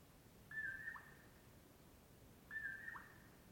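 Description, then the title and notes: Common poorwill whistling two clear poor-will phrases two seconds apart, each a level note followed by a short lower drop, over faint background noise. Morning of 6 July 2016, before 4:30am, early summer, Colockum Wildlife Area, Washington; mellow poor-will-low call. "On the morning of 06 July, 2016, I awoke to the mellow “poor-will-low” of a Common Poorwill"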